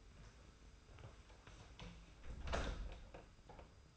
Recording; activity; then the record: daily activity, microphone in the room; close door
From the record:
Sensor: 2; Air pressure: 991.4 hPa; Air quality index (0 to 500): 151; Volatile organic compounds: 463 ppm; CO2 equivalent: 4769 ppm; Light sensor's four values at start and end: 31/94/37/35 and 31/94/37/35